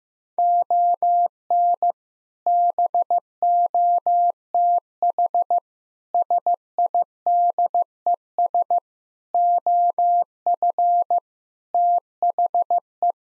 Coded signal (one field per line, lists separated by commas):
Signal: Morse code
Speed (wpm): 15 wpm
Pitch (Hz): 700 Hz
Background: none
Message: ON BOTH SIDES OF THE